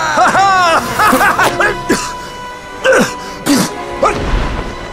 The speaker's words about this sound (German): Oh, ein Hustenanfall. Nun ja, das kann schon mal passieren, wenn man den Mund zu voll nimmt.